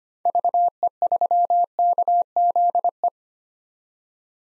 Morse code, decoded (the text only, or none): VE3KZE